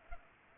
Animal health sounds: mosquito wingbeat signal from an infrared sensor; Culex pipiens

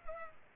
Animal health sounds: mosquito wingbeat signal from an infrared sensor; Culex pipiens

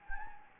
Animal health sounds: mosquito wingbeat signal from an infrared sensor; Anopheles gambiae

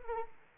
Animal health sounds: mosquito wingbeat signal from an infrared sensor; Anopheles arabiensis

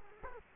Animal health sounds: mosquito wingbeat signal from an infrared sensor; Culex quinquefasciatus

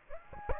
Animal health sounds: mosquito wingbeat signal from an infrared sensor; Aedes aegypti

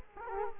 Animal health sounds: mosquito wingbeat signal from an infrared sensor; Culex quinquefasciatus

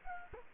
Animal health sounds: mosquito wingbeat signal from an infrared sensor; Culex quinquefasciatus

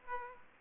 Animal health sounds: mosquito wingbeat signal from an infrared sensor; Aedes aegypti

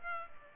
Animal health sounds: mosquito wingbeat signal from an infrared sensor; Culex pipiens

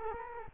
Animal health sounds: mosquito wingbeat signal from an infrared sensor; Culex quinquefasciatus

